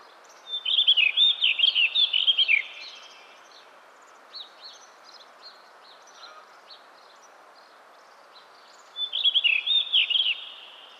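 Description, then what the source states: Bird singing quick, high twittering phrases, one at the start and another near the end, with scattered soft notes between and a low steady hiss. From 2010.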